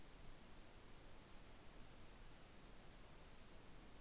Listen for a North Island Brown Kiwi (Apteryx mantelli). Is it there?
no